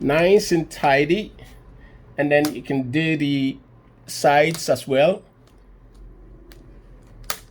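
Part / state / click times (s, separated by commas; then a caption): plastic bezel clips into laptop display lid / seated / 6.5 s, 7.3 s. Someone talks, then the side edges of the plastic LCD bezel on an HP Compaq 15-h051nf laptop are pressed into the display lid during a screen replacement. A faint click at 6.5 s and a sharp, louder snap at 7.3 s are heard as the bezel side clips snap back in, leaving the bezel seated.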